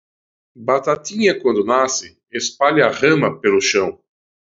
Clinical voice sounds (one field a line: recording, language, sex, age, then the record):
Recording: short text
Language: Brazilian Portuguese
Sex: male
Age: 40 to 49 years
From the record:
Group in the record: control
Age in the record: 44 years